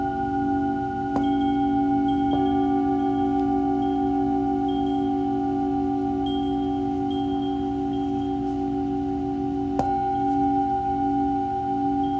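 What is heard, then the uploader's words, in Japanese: A Tibetan singing bowl hums with long, steady overlapping tones, struck again near one, two, and ten seconds, each strike renewing the ring. 夜のシンギングボウルのサウンドヒーリング。チベタンシンギングボウルの子守唄。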